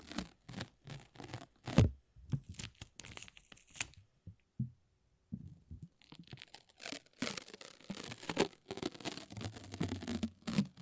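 Sticky peeling sounds from a lint roller and tape come in short, ripping bursts, with crisp crackling bits mixed in. The first four seconds hold quick separate tears, then a quieter stretch of soft low rubbing follows, before denser, brighter ripping fills the last five seconds.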